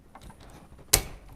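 A torque screwdriver set to 75 lb-in, per the manufacturer's recommendation, tightens a terminal screw on a Hubbell 14-50 240 V receptacle holding solid copper wire. After a few faint handling sounds, it gives one sharp, loud click at 0.9 s, confirming the screw has reached 75 lb of torque.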